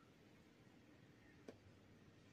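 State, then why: Seated. A plastic safety eye is closed on a crochet plush by pushing its backing washer onto the eye's post through the fabric. Over a quiet, steady background, a single short, sharp click is heard at 1.5 s as the washer seats onto the post.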